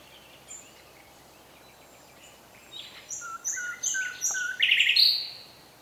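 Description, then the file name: Common nightingale phrase that opens with soft notes, moves into a series of clear whistles, then builds into a loud, fast, harsh trill before stopping. "Luscinia megarhynchos"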